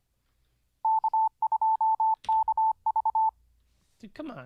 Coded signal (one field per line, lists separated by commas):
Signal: Morse code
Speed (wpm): 25 wpm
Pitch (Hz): 880 Hz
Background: speech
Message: K2KV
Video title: How To Learn Morse Code LIVE with N0SSC (Day 23)